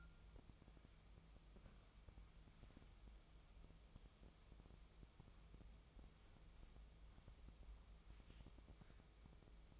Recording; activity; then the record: daily activity, microphone in the room; wipe stove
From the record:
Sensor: 1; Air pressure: 1004.9 hPa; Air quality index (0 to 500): 73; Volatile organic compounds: 1 ppm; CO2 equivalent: 973 ppm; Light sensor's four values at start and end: 9/23/9/10 and 9/23/9/10